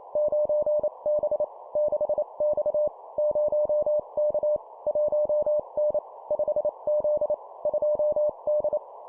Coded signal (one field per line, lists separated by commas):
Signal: Morse code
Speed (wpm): 28 wpm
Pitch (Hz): 600 Hz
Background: none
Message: 9B 6X 0K 1N 5Z 2D